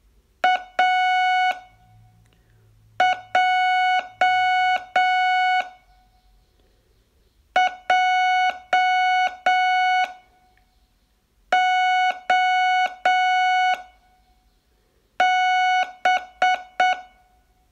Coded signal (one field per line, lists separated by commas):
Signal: Morse code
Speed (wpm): 7 wpm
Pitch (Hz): 740 Hz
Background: none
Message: AJJOB